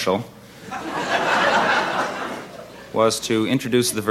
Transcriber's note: laughter